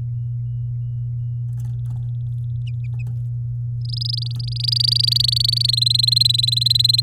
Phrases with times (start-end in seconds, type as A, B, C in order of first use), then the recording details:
3.85-5.67 A, 5.68-7.00 B. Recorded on 9 May 2018 at 08:26. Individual llb16